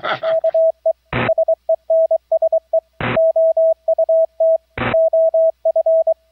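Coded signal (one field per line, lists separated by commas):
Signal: Morse code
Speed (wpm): 23 wpm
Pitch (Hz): 650 Hz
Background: radio noise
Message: KE SENSE OUT OF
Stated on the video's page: Morse audio taken from the rig's transmit audio input monitor circuit, streamed over IP with Gstreamer/ALSA between Raspberry Pi and remote laptop; VOX-triggered transmit.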